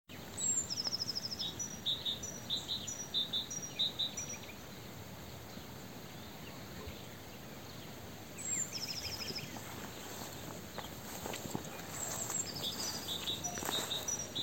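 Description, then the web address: Great tit calls: a high thin note followed by a quick series of short sharp notes, given in two bursts several seconds apart, over steady hiss. "SETE Parus major"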